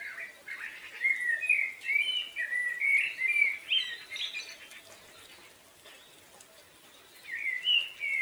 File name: Melro 6 h 13 19 Mar 2010